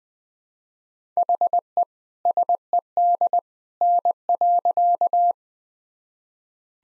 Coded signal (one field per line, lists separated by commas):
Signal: Morse code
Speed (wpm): 20 wpm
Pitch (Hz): 700 Hz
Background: none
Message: HE SED N.